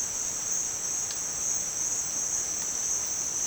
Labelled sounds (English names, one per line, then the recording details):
none
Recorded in dense forest near Puerto Asís, Putumayo, Colombia, on 29 June 2025 at 14:00
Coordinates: 0.484, -76.317
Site G045